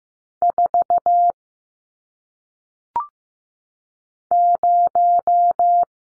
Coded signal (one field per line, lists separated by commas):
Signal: Morse code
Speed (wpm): 15 wpm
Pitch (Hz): 700 Hz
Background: none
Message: 4 0